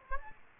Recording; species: mosquito wingbeat signal from an infrared sensor; Aedes aegypti